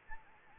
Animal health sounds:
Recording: mosquito wingbeat signal from an infrared sensor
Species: Anopheles gambiae

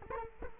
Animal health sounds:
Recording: mosquito wingbeat signal from an infrared sensor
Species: Culex quinquefasciatus

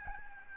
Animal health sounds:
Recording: mosquito wingbeat signal from an infrared sensor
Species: Aedes albopictus

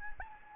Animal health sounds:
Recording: mosquito wingbeat signal from an infrared sensor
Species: Anopheles gambiae

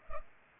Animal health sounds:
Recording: mosquito wingbeat signal from an infrared sensor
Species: Culex pipiens

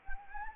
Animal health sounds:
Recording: mosquito wingbeat signal from an infrared sensor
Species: Anopheles gambiae

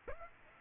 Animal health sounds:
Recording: mosquito wingbeat signal from an infrared sensor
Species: Aedes aegypti

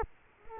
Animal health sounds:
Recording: mosquito wingbeat signal from an infrared sensor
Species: Culex quinquefasciatus

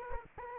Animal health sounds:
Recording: mosquito wingbeat signal from an infrared sensor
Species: Aedes aegypti

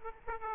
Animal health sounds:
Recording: mosquito wingbeat signal from an infrared sensor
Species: Aedes aegypti

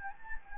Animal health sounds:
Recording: mosquito wingbeat signal from an infrared sensor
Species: Anopheles gambiae

